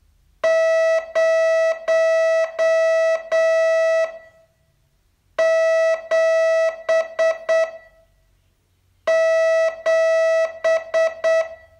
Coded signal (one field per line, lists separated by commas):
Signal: Morse code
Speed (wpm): 8 wpm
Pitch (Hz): 650 Hz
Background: none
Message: 077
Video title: Learn Morse in 42 Days from VU2LAU - day 31 test